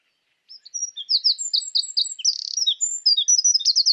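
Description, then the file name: Eurasian wren song: a loud, fast run of high, sharp notes and rapid trills, with a buzzy rattle in the middle and a quick trill at the end. "Troglodytes troglodytes"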